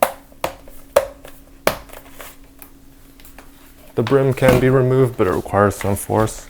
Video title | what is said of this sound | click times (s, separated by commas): Jarsh Commute Smart Ebike Helmet w/ LED Turn Signals, Headlight & Taillight. Unboxing, Test & Review | this just snaps into place. | 0.0 s, 0.4 s, 1.0 s, 1.7 s